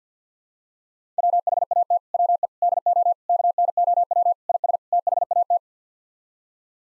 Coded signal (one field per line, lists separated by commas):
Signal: Morse code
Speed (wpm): 50 wpm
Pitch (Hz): 700 Hz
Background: none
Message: WHAT WE DO KNOW IS THAT